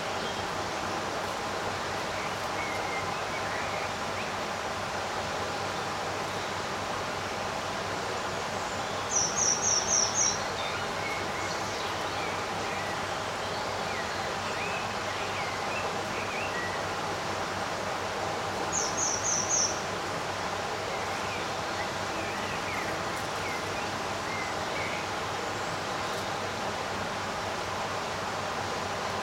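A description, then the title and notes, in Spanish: Birds sing in a summer garden over a steady hiss, with two short high trilling bursts around ten and nineteen seconds. Un día de verano en el jardín. En este paisaje sonoro encantador, experimenten la magia de un día de verano casi sin viento. Los pájaros entonan sus dulces melodías.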